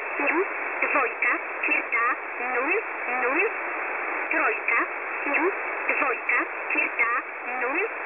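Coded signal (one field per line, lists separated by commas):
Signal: numbers station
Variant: S11a, Polish language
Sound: short spoken words, evenly spaced, heard through steady shortwave hiss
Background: radio static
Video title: S11a Cherta 15/07/2023 0830 UTC 5149kHz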